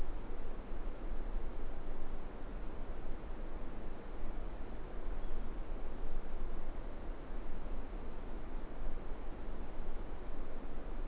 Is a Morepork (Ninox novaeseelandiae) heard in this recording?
no